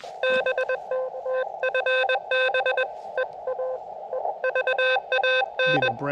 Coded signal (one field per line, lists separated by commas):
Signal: Morse code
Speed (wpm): 21 wpm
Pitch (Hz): 520 Hz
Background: speech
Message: BT TFB EA EVAN